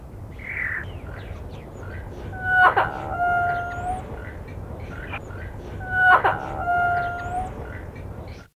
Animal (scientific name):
Gracula religiosa